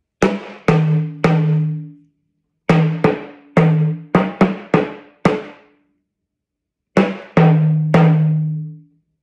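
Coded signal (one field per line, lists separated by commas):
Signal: talking drum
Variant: Yoruba dùndún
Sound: slow resonant low drum strokes in three phrases, some pitches higher, with ringing tails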